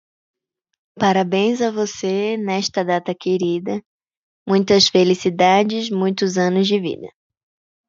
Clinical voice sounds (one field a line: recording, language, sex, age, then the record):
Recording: short text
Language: Brazilian Portuguese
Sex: female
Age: 50 to 59 years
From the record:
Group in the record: control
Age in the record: 57 years